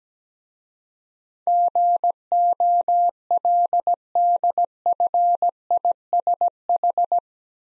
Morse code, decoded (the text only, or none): GOLDFISH